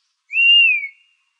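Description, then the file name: Dusky-capped flycatcher with a single mournful whistled note, level at first, then sagging lower before trailing off. Arizona, 15 July 2006. "DCFL 2 deviche"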